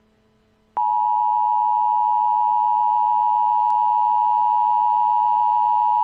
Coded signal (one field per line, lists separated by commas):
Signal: Emergency Alert System (SAME) tones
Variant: 853 and 960 Hz attention tone